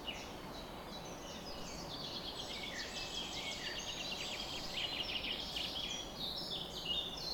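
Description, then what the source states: Bird: dawn chorus of overlapping bird songs, dense high chirping, rapid trills and short whistles throughout. Summer morning bird chorus recorded at 4:40 am.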